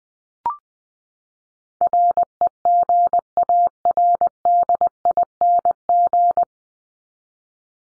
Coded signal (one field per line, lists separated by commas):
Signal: Morse code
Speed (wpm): 20 wpm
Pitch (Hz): 700 Hz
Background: none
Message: REGARDING